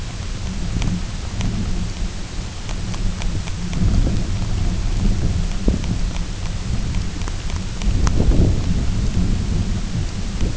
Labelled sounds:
none
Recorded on Arctic tundra, site UTQI-0, on 20 June 2018
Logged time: 14:00

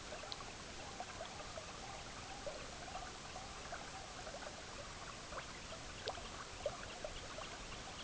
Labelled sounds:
unidentified sound
Semipalmated Plover
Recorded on Arctic tundra, site EABA-MC, on 18 June 2019
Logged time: 10:00

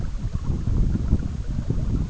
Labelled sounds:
none
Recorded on Arctic tundra, site EABA-MC, on 19 June 2019
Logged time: 02:00

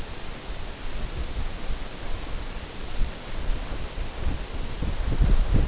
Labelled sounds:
none
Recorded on Arctic tundra, site NAIT-1, on 19 June 2018
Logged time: 21:00

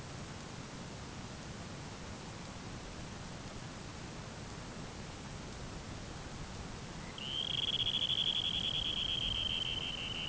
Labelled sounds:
Dunlin
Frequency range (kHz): Dunlin 1.1-4.5 kHz
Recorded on Arctic tundra, site ZACK-1, on 12 June 2019
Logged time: 05:49

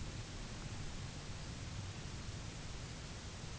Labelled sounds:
none
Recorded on Arctic tundra, site UTQI-0, on 17 June 2019
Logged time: 18:00

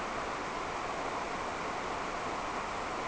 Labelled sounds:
none
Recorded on Arctic tundra, site NAIT-1, on 28 June 2018
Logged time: 07:00

